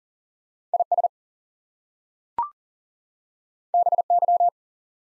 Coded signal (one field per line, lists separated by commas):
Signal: Morse code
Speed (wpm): 40 wpm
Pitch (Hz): 700 Hz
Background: none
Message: IS BY